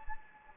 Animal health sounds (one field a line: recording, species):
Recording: mosquito wingbeat signal from an infrared sensor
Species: Anopheles gambiae